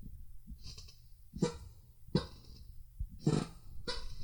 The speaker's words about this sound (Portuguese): Ah, esse barulho aqui, ó. Tem uns caras que comentam que eu tô peidando. Não tô peidando, não. É a cadeira que faz esse barulho aqui, ó.